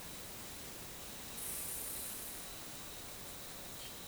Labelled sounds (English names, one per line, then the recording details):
none
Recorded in forest near Pivijay, Magdalena, Colombia, on 17 April 2023 at 15:00
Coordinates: 10.467, -74.380
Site Z5-G034